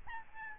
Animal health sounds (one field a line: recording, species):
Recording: mosquito wingbeat signal from an infrared sensor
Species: Aedes albopictus